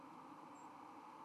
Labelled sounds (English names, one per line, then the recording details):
White-throated Sparrow flight call
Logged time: 03:25 on 31 October 2014